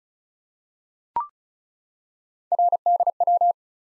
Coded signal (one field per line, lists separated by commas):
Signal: Morse code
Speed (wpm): 36 wpm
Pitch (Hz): 700 Hz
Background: none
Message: RDW